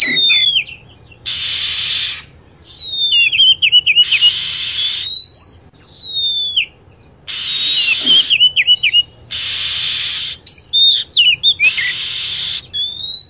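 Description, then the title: Lovebird calls: shrill, sharply falling whistled chirps in quick bursts, alternating with steady hissing blocks about a second long, repeated throughout. Lure recording used to attract lovebirds. "PIKAT BURUNG LOVEBIRD"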